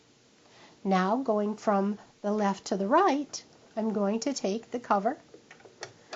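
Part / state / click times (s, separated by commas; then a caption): plastic bobbin cover into sewing machine bed / seated / 5.8 s. A plastic bobbin cover (needle plate cover) is set onto a Baby Lock sewing machine bed while someone talks. It is pushed forward until it locks in place with a small plastic click at 5.8 seconds, and it is seated.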